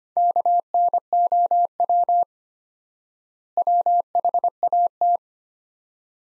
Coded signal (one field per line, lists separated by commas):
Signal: Morse code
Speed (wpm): 25 wpm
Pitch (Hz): 700 Hz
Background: none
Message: KNOW WHAT